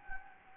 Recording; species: mosquito wingbeat signal from an infrared sensor; Anopheles gambiae